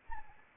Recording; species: mosquito wingbeat signal from an infrared sensor; Anopheles arabiensis